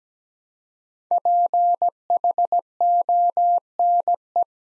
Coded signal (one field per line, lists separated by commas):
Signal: Morse code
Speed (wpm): 17 wpm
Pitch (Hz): 700 Hz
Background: none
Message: PHONE